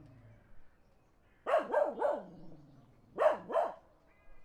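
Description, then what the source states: Dog barking in two short bursts of three and two quick barks, with a faint low hum between them. Dogs barking in the countryside while a car passes.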